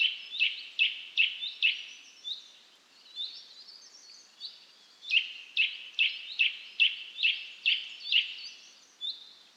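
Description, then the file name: Eurasian nuthatch uttering bursts of sharp, repeated call notes, a pause with softer thin notes in the middle, then another rapid run. "Sitta europaea"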